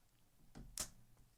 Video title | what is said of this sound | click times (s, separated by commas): OBSBOT Talent: A Full Streaming Setup in the Palm of Your Hand! | and the batteries are just going to slide in just like this push them down push them forward and they're going to click into place | 0.8 s